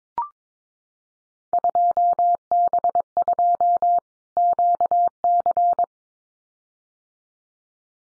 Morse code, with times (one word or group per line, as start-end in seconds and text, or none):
1.5-4.0 2B2
4.4-5.8 QC